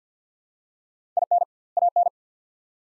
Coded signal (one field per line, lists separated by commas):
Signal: Morse code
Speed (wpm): 50 wpm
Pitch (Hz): 700 Hz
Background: none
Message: IN AN